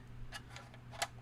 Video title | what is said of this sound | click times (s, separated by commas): Why You Should You Buy A 3D Printer For Ham Radio - Livestream | there's a little divot for the dial it's sized appropriately snaps into place and and generally holds it | 1.0 s